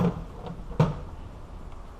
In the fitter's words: we just need to get the front to pop into place and there